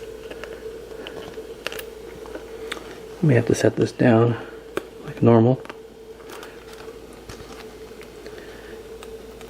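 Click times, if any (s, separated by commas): none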